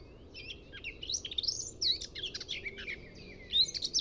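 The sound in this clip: Eurasian blackcap song, an energetic jumbled warble of sharp, varied notes and quick slurs, over faint low noise.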